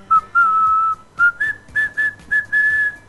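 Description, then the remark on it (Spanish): A person whistles a short melody of clear, pure tones, moving through several held and brief notes with a slight rise in pitch partway through, alone without any talking. “Hasta ahora la que ayer discutimos, que para mí hay un silbido por ahí que para mí iba a estar cantado, hasta ahora no lo pegó nadie.”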